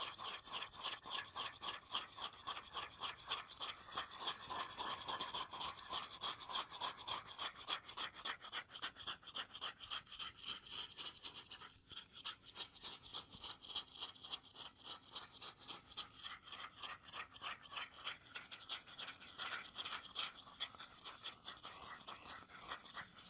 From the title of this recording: ASMR tapping and scratching (no talking) wood cork cardboard